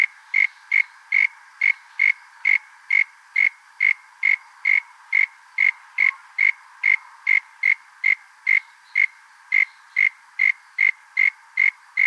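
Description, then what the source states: Frog producing a long, unbroken run of short, sharp calls, over two per second, steady and even throughout, with faint hiss behind. Unidentified frog species from Australia.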